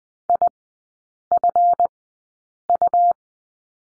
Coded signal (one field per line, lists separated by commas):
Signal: Morse code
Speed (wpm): 20 wpm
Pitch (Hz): 700 Hz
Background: none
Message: IFU